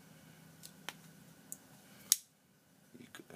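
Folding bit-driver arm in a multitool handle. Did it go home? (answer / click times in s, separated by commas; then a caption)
yes / 2.1 s. The folding bit-driver arm on a metal Leatherman Wave multitool handle is unfolded with a few light clicks and ticks. It locks open with a sharp metallic click at 2.1 s, followed by quieter faint clicks.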